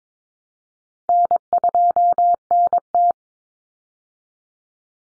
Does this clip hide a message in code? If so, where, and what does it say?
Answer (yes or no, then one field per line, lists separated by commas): yes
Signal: Morse code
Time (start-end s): 1.1-3.1 s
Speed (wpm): 22 wpm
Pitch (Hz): 700 Hz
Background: none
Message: N2NT